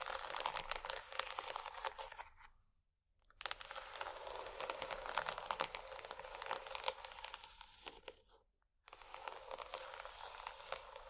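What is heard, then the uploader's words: Bumpy textured items scratch and rub in dense, crackly bursts, a busy grainy rasp with a bright, crinkly edge. The scratching runs continuously apart from two short silent gaps, near three seconds and again near nine seconds, before resuming at similar strength. ASMR Bumpy Textured Items Scratching（No Talking）.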